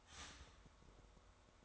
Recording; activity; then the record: daily activity, microphone in the room; start toaster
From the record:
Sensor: 3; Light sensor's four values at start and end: 4/12/4/4 and 4/12/4/4